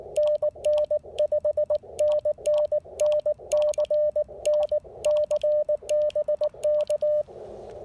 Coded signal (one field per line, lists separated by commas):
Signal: Morse code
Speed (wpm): 19 wpm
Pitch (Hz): 600 Hz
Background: radio noise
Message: NN 5NN NC NC BK